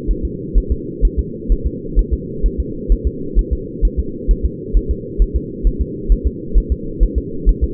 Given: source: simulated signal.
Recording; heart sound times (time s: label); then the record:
fetal heart sounds
0.11 s: S1
0.25 s: S2
0.58 s: S1
0.72 s: S2
1.05 s: S1
1.19 s: S2
1.52 s: S1
1.67 s: S2
1.99 s: S1
2.13 s: S2
2.46 s: S1
2.60 s: S2
2.92 s: S1
3.07 s: S2
3.39 s: S1
3.53 s: S2
3.85 s: S1
4.00 s: S2
4.31 s: S1
4.46 s: S2
4.77 s: S1
4.91 s: S2
5.22 s: S1
5.36 s: S2
5.67 s: S1
5.81 s: S2
6.12 s: S1
6.27 s: S2
6.58 s: S1
6.72 s: S2
7.03 s: S1
7.18 s: S2
7.49 s: S1
7.64 s: S2
From the record:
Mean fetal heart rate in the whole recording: 130 bpm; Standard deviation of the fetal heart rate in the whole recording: 2 bpm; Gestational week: 36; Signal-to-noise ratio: -4.3 dB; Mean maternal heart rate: 72 bpm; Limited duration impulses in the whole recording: absent